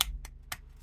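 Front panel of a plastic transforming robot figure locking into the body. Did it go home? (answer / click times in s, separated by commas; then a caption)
yes / 0.0 s. The front panel of a plastic Transformers Generations Legacy United Origin Wheeljack transforming robot figure is pushed together during transformation and locks into the body, with a sharp click at 0.0 s. Two more short, quieter clicks follow at about 0.3 s and 0.5 s. The front panel ends up locked into place.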